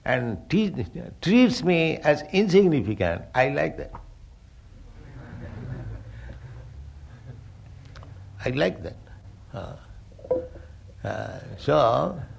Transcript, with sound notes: and treats Me as insignificant, I like that." [laughter] "I like that." So